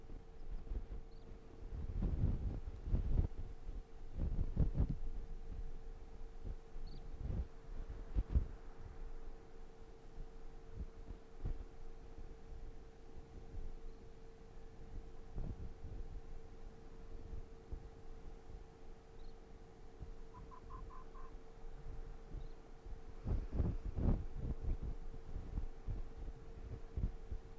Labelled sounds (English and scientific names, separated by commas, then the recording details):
Arctic Fox (Vulpes lagopus)
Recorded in the wild
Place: Insel Mednyi, Kommandeur-Inseln, RU
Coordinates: 54.5167, 168.083
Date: 1999-08-25
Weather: 9°C, bedeckt, leichter Südwestwind
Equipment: Sony WM-D6C, Sennheiser ME 80, K 30 AV, Windkorb, Kopie Tascam DA 30
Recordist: Jakupi, Antje